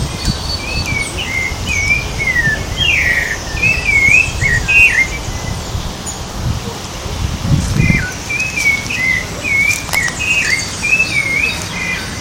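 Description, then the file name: Rufous-bellied thrush giving a run of short clear whistled phrases, some rising and some falling, in two bursts, over a low rumble. Recorded in Moinhos de Vento park, Porto Alegre, Brazil. "Turdus-rufiventris-Pq Moinhosde Vento POA-BR. ASilveira"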